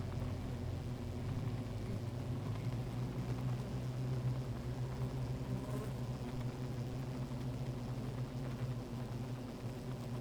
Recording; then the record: honeybee colony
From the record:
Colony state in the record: active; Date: 28 July 2017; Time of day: 16:15